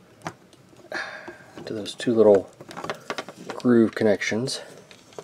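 Someone talks while handling a plastic part of a Red Bull GT 11 Generation transforming robot toy, lining it up with two small groove connections; a few light plastic taps and ticks sound between the words. Nothing has seated or clicked yet.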